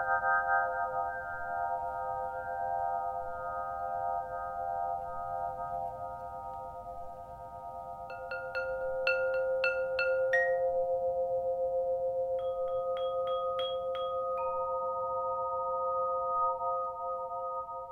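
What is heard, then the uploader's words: Sound bath instruments ring in a sustained, layered drone, with bright chime-like strikes clustering around eight to ten seconds and twelve to fourteen seconds. Mandy Hamilton and Anthony Pietromonaco play a range of sound bath instruments. Recorded and produced by Emily Shaw. Psychedelic Sound Bath.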